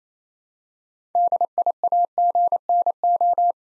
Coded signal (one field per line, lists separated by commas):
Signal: Morse code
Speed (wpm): 29 wpm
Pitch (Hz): 700 Hz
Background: none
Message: DIAGNO